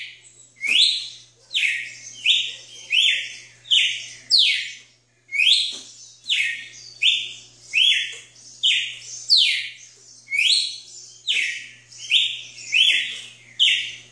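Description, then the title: Red-cowled cardinal singing a long run of loud whistled phrases, each a quick downward or upward slur, with a brief pause midway and a low steady hum behind. "Galo de Campina"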